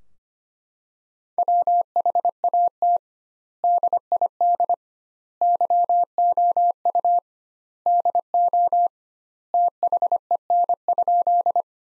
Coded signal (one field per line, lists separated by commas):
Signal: Morse code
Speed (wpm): 25 wpm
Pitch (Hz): 700 Hz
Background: none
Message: WHAT DID YOU DO THEN?